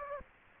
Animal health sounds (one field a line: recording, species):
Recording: mosquito wingbeat signal from an infrared sensor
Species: Aedes aegypti